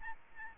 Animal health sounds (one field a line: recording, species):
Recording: mosquito wingbeat signal from an infrared sensor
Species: Aedes albopictus